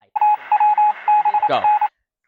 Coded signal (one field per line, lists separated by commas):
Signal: Morse code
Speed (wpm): 27 wpm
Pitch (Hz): 840 Hz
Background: radio noise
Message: TWBN